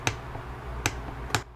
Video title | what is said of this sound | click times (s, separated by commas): Best Ebike Accessories 2021 Part 2 - My Favorite Ebike Tools For Maintenance, Adjustments, & Repairs | just tightens oh and then you hear the click | 0.1 s, 0.9 s, 1.3 s